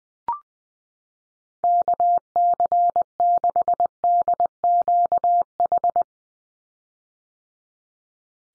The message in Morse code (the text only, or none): KC6DQH